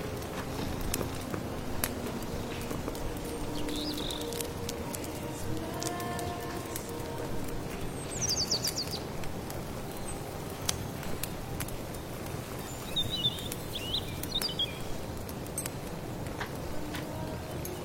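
A steady, dense low rumble and hiss runs throughout, scattered with sharp crackling pops like burning firewood. Brief bird chirps surface around 4, 8 and 13–15 seconds, and a soft tonal scrape drifts in around 6–8 seconds.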